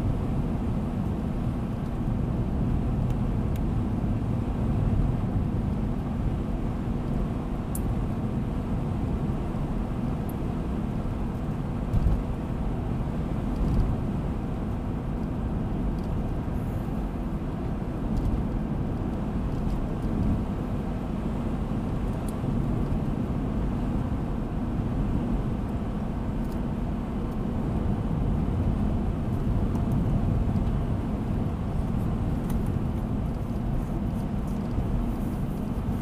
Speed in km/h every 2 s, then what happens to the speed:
80, 80, 80, 80, 80, 81, 81, 81, 82, 81, 80, 79, 79, 78, 76, 76, 77, 78.
0-36 steady at about 80.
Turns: none.